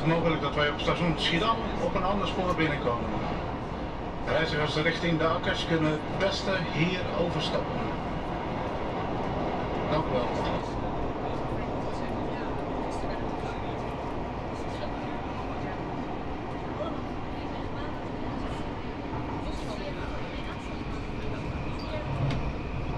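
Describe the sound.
Voices talk over the low, steady rumble of a Rotterdam metro ride from Coolhaven to Schiedam Centrum. Speech is densest in the first ten seconds, with sharp clicks and rattles scattered through, then fades into a continuous train drone with occasional faint voices.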